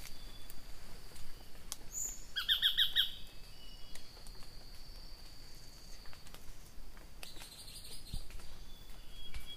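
Tacarcuna tapaculo giving a quick burst of about five sharp, evenly spaced notes, with a steady high tone in the background.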